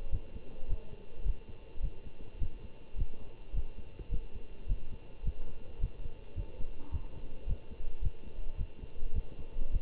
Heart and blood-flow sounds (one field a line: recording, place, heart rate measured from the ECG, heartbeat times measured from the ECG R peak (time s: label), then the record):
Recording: heart sounds by stethoscope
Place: between the tricuspid and mitral areas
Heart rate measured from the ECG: 106 bpm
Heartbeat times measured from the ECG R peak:
0.10 s: heartbeat
0.67 s: heartbeat
1.24 s: heartbeat
1.81 s: heartbeat
2.39 s: heartbeat
2.96 s: heartbeat
3.53 s: heartbeat
4.10 s: heartbeat
4.67 s: heartbeat
5.23 s: heartbeat
5.79 s: heartbeat
6.35 s: heartbeat
6.91 s: heartbeat
7.46 s: heartbeat
8.01 s: heartbeat
8.57 s: heartbeat
9.13 s: heartbeat
9.71 s: heartbeat
From the record:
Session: Bruce protocol treadmill stress test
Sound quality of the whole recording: good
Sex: male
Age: 25 years